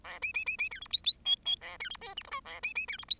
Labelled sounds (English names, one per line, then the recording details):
Bengalese Finch song
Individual Bird10